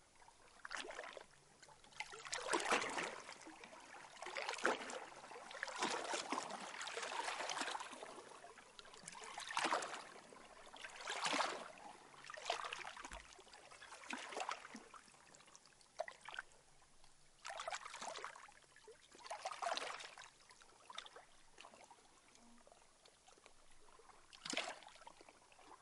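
Lake water laps in soft, splashy surges that arrive every two to three seconds, each swelling and fading with a bright hiss. A faint low hum runs underneath, like a boat motor.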